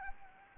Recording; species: mosquito wingbeat signal from an infrared sensor; Anopheles arabiensis